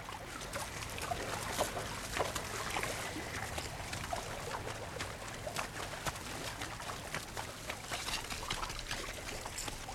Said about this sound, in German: Aufpassen, ein Bach.